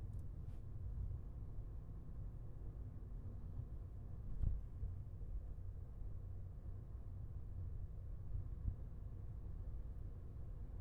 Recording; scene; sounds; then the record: everyday scene through a hearing-aid microphone; in a vehicle; engine, highway driving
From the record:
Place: Skoda Fabia, gasoline engine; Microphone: behind the ear, left, front